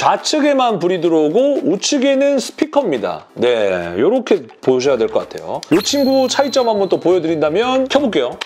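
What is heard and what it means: A plastic Ranger key is handled near the slot of a toy saber/gun while someone talks continuously. The key has not yet been inserted, so nothing has seated or clicked, and no light has come on.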